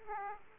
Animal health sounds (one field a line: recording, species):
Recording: mosquito wingbeat signal from an infrared sensor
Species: Aedes aegypti